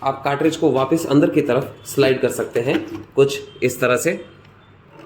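A reloaded toner cartridge is slid back into a Pantum 5100 laser printer/copier while someone talks throughout. After the talking stops, a faint, brief sound comes at about 4.5 s, then it goes quiet. Nothing has seated or clicked yet.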